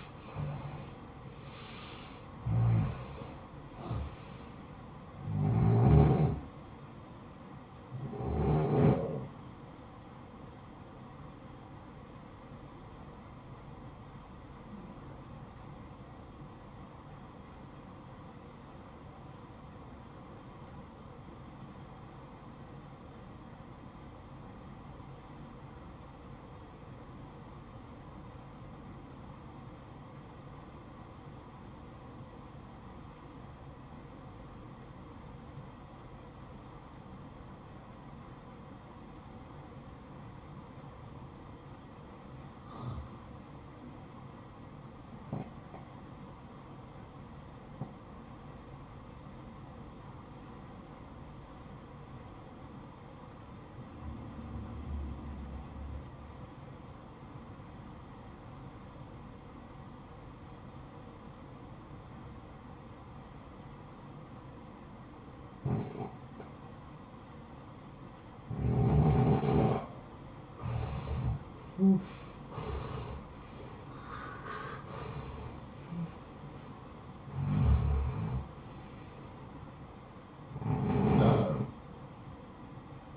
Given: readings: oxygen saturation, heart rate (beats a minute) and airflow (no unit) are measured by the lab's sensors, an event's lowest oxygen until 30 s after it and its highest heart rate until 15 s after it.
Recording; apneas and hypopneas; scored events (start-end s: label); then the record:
breathing in sleep by a smartphone at the bedside; 1
16.00-69.60 s: obstructive apnea (REM, oxygen 93% highest, then 75% lowest, heart rate 57 at the start, 77 highest)
From the record:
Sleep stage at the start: REM sleep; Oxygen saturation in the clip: 77 to 93%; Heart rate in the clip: 48 to 77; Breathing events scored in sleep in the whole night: 573 in 9.8 hours asleep